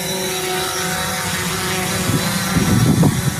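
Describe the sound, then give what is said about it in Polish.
A steady, high-pitched whirring drone of small propellers holds throughout as an operator flies a drone at a drone event in Katowice, with a rougher, louder rumble swelling in near the end. “Pan teraz jest operatorem tego drona.”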